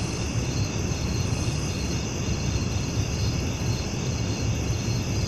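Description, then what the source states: Crickets in a steady, unbroken high chorus, holding even throughout, laid over a constant deep rumble. Recorded at night.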